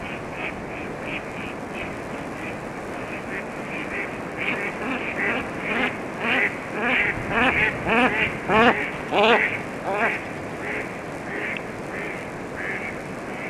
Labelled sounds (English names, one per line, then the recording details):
Mallard flight call
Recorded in the wild
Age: adult
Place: Petershain, Niederlausitz, Sachsen, DE
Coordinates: 51.3167, 14.7514
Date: 1962-06-08
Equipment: Grundig TK 1 Luxus
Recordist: Meyer, Hugo